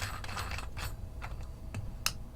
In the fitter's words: okay you heard it click or you may have you'll insert that